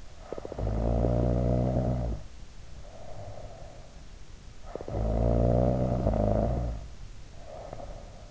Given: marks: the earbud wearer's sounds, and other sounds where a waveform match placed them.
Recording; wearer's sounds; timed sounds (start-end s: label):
sounds in sleep by an in-ear microphone; snoring breath
0.24-4.09 s: snoring breath
4.47-8.31 s: snoring breath